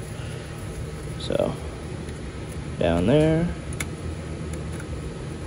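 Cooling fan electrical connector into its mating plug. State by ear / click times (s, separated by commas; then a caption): not seated / none. Someone talks while handling the radiator cooling fan's electrical connector on a 2013 Ford Fiesta, plugging it into its mating plug at the bottom and pushing it down. A few faint, brief ticks sound over a steady background hum, but the connector has not seated or clicked yet.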